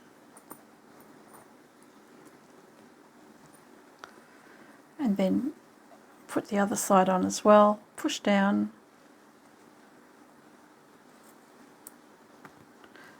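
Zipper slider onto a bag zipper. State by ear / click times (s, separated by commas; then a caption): seated / 11.9 s. Both sides of a zipper slider are fitted onto the teeth of a bag's zipper and pushed down while someone talks. A sharp click at 11.9 s marks the slider snapping into place, seated straight along the top without kinking any of the teeth.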